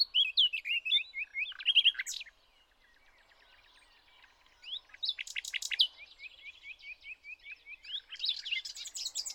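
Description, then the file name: Common nightingale song of varied whistled phrases with quick repeated notes, a brief lull, then more rapid, rich phrases. "Luscinia megarhynchos"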